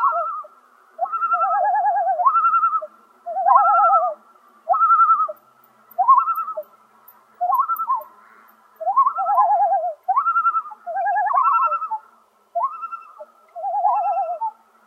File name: commonloon